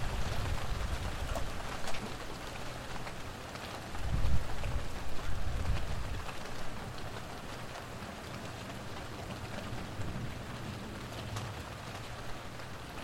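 An early summer rainstorm in Mount Vernon, NY, with a steady, dense hiss of rain falling throughout. Low rumbles swell near the start and again around four to six seconds, likely thunder. Scattered sharper drop taps stand out now and then.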